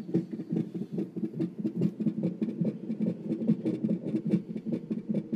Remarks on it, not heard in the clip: There it was, just this heartbeat. This is sound she recorded on her cell phone. Baby's hearts beat super, super fast, so it sounds like a rabbit or something. You just hear it on the sonogram? Yeah, this heartbeat pops up, and then there's the baby.